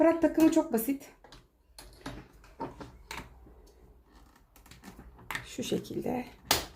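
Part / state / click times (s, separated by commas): mixing bowl into stand mixer base / seated / 6.5 s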